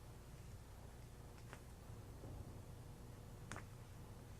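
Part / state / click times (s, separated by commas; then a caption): canopy snap fastener onto top of canopy mast / seated / 3.5 s. A raft canopy mast, its bottom end set in the floor mast stand, has its top connected to the raft canopy with a snap fastener. A faint tick comes at about 1.5 s, then a sharp snap at 3.5 s as the snap fastener seats onto the mast top.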